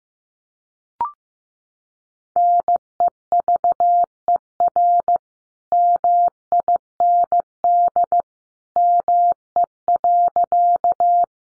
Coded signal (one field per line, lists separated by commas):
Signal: Morse code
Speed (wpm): 15 wpm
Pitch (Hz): 700 Hz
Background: none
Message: NEVER MIND ME.